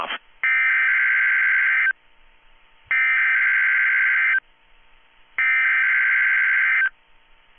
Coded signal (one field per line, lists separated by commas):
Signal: Emergency Alert System (SAME) tones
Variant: header bursts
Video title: Your average NWR Weekly Tests (EAS #1117-#1128)